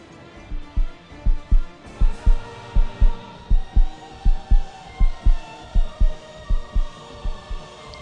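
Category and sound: sound effect, heartbeat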